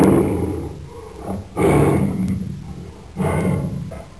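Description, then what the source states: Tiger giving low, gravelly growls, three rough bursts roughly every one and a half seconds, each swelling and fading. Female tiger.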